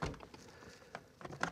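A small rear window sunshade screen is lined up and pushed into the rear door trim panel of a BMW E38. Scattered soft taps and clicks of plastic handling lead to a sharp snap at 1.4 s as its plastic clips snap home and the shade seats in place.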